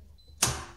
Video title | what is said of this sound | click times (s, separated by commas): SURVIVAL SHOPPING FOR COVID-19 VLOG: | there locks it in place so now it can is completely locked locked | 0.4 s